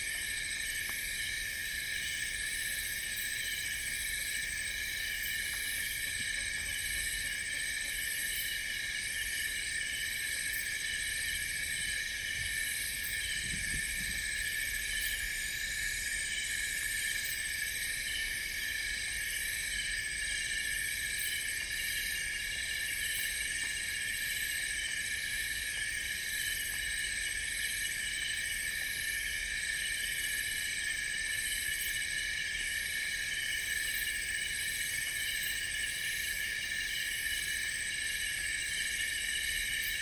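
Nightfall in the Congo jungle, filled with a dense, unbroken wall of high insect trilling that holds steady for the whole stretch. Several bright, pulsing layers overlap with little change, while a faint low rumble sits beneath, swelling briefly around the middle.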